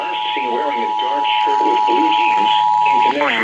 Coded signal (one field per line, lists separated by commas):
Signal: Emergency Alert System (SAME) tones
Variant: 853 and 960 Hz attention tone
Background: speech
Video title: Walnut Springs, TX Amber Alert | EAS #1269-1273